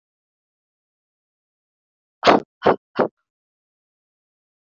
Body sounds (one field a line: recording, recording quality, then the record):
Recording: shallow voluntary cough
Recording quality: excellent, no background noise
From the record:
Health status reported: healthy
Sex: female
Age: 26 years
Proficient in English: yes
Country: India